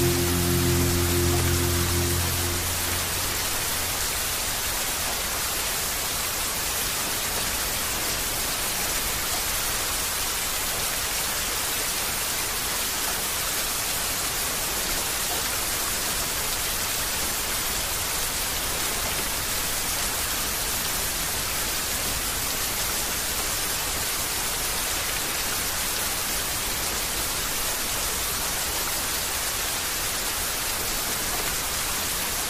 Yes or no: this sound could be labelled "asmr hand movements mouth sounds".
no